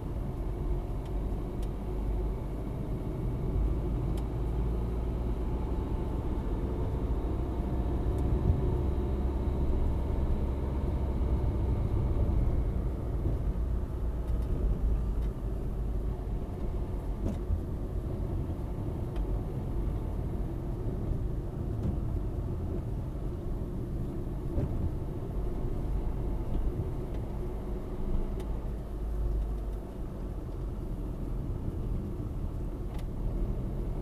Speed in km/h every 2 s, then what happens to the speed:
37, 40, 45, 49, 50, 50, 47, 40, 37, 37, 37, 36, 38, 41, 40, 32, 30.
0-6 speeds up to 49. 6-11 steady at about 50. 11-16 slows to 37. 16-27 steady at about 37. 27-31 slows to 30.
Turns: none.